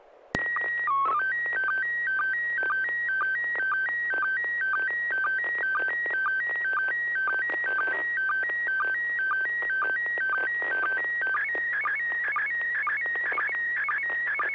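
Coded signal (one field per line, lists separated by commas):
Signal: SSTV (slow-scan television)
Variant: PD 120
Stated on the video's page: SSTV net on an FM repeater at 441.300 MHz, images sent with MMSSTV software.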